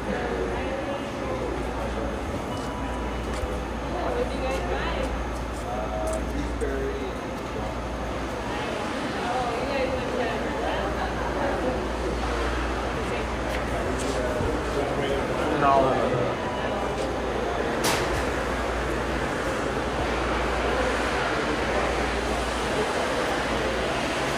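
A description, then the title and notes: Voices murmur and chatter throughout at a gas station, set against a constant low rumble of idling engines. The loudness stays steady with a busy, dense bed of sound, and a brief sharp clink rings out around eighteen seconds. A brain tingly visit to a gas station.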